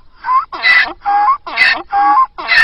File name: Eşek-anırması